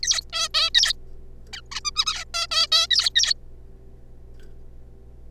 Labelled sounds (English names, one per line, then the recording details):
Zebra Finch
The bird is a juvenile
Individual R3549